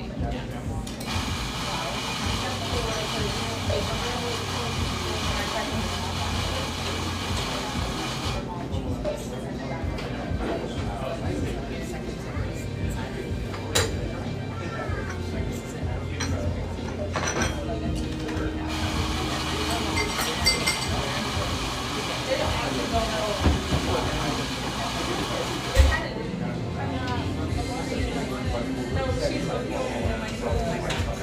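A café hums with overlapping conversation, a steady murmur of voices throughout. A bright hiss rises and falls in long stretches, from the start to about eight seconds and again from nineteen to twenty-six, ending with a sharp knock near twenty-six seconds.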